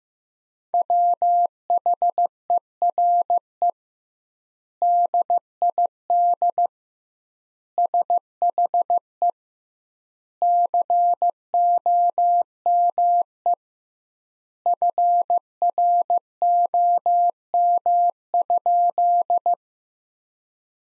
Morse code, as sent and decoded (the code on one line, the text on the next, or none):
.-- .... . .-. . / -.. .. -.. / ... .... . / -.-. --- -- . / ..-. .-. --- -- ..--..
WHERE DID SHE COME FROM?